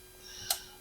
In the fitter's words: So those snap right in.